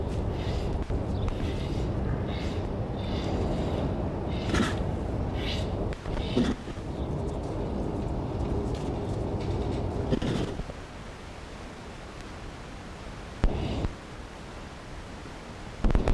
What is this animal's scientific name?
Panthera tigris